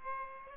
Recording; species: mosquito wingbeat signal from an infrared sensor; Aedes aegypti